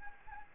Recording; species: mosquito wingbeat signal from an infrared sensor; Anopheles arabiensis